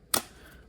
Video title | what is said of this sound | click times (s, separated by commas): Reseña del NEEWER Flexible Tripod Phone and Camera with Control/Handle/Phone Holder/Action Camera Ad | Locks back into place so you can put a basic, uh, SLR camera on top there if you wish. | 0.1 s